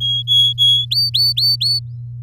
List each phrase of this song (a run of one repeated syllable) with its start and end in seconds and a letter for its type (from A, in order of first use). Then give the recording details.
0.00-0.85 A, 0.91-1.79 B. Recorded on 8 May 2018 at 16:06. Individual llb16